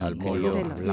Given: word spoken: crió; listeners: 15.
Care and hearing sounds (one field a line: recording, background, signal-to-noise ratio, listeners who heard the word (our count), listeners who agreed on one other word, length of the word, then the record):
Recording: one Spanish word in noise, from a listening test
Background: four-talker babble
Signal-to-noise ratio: -2.8 dB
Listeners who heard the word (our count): 0 of 15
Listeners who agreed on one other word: 11 of 15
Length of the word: 0.54 s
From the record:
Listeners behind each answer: 11, 2, 1, 1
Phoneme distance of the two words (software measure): 38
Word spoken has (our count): 1 syllable, 4 phonemes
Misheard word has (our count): 3 syllables, 6 phonemes, stress on syllable 3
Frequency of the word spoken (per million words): 1.38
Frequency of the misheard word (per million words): 48.97